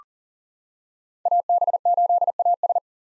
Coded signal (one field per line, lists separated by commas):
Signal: Morse code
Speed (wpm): 40 wpm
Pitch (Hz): 700 Hz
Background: none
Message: AB8AS